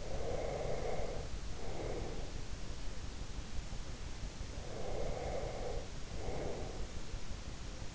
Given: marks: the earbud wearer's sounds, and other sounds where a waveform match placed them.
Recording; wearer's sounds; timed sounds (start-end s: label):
sounds in sleep by an in-ear microphone; breath
0.00-2.37 s: breath
4.48-6.83 s: breath